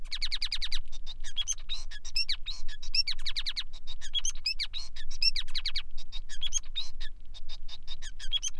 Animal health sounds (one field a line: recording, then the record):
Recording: song of a male Bengalese finch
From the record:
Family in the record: son of father 5